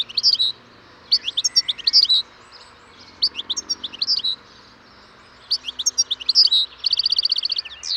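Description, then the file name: European goldfinch song phrases, bright tinkling twitters in bursts with short gaps, ending in a rapid even trill of repeated notes. "Carduelis carduelis"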